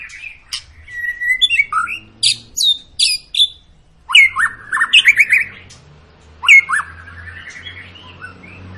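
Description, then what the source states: White-rumped shama delivering a loud varied song: steady whistles, high sweeping notes and chattering runs. Long lure recording of actively singing white-rumped shama, played to make other birds sing.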